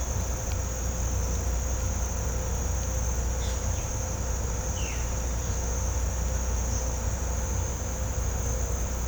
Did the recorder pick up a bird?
no